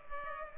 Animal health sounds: mosquito wingbeat signal from an infrared sensor; Culex pipiens

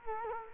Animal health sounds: mosquito wingbeat signal from an infrared sensor; Culex quinquefasciatus

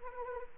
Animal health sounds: mosquito wingbeat signal from an infrared sensor; Anopheles arabiensis

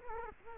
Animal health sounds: mosquito wingbeat signal from an infrared sensor; Culex quinquefasciatus

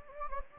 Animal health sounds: mosquito wingbeat signal from an infrared sensor; Anopheles gambiae

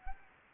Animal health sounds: mosquito wingbeat signal from an infrared sensor; Anopheles gambiae

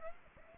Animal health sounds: mosquito wingbeat signal from an infrared sensor; Aedes aegypti

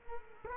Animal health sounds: mosquito wingbeat signal from an infrared sensor; Culex quinquefasciatus

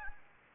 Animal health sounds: mosquito wingbeat signal from an infrared sensor; Anopheles gambiae

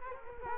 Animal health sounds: mosquito wingbeat signal from an infrared sensor; Culex quinquefasciatus

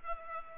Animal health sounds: mosquito wingbeat signal from an infrared sensor; Culex pipiens

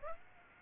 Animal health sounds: mosquito wingbeat signal from an infrared sensor; Aedes aegypti

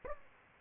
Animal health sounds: mosquito wingbeat signal from an infrared sensor; Aedes aegypti

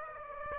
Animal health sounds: mosquito wingbeat signal from an infrared sensor; Aedes aegypti

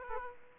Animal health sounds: mosquito wingbeat signal from an infrared sensor; Aedes aegypti

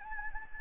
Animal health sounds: mosquito wingbeat signal from an infrared sensor; Anopheles gambiae

